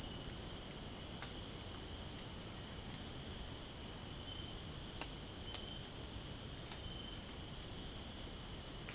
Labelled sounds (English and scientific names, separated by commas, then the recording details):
none
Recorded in dense forest near Puerto Asís, Putumayo, Colombia, on 30 June 2025 at 20:00
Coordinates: 0.503, -76.323
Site G059